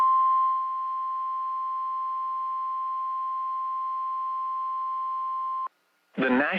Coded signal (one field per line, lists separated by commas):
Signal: Emergency Alert System (SAME) tones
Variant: 1050 Hz attention tone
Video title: THE BORING ENHANCED RISK! EAS alerts from 3/24/2023. [EAS #1250 - #1266]